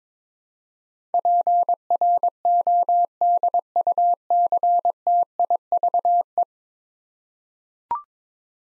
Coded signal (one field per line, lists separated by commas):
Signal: Morse code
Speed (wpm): 22 wpm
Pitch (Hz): 700 Hz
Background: none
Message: PRODUCTIVE